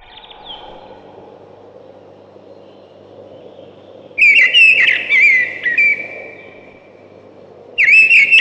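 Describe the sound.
Thrush song: after a quiet stretch, a rich whistled phrase with rapid flourishes, then another phrase starting near the end, over a low background hum.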